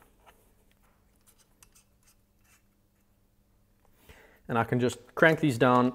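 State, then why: Not seated. Scope ring mount screws on the rail of an FX Impact M3 air rifle are finger-tightened before being torqued down with a torque wrench set at 68 inch pounds. Faint handling ticks are heard around 0.3, 0.7, 1.2, 1.6 and 2.0 seconds, then someone talks from about 4.5 seconds. Nothing has clicked yet.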